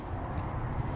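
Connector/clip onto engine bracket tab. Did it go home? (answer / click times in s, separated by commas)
no / none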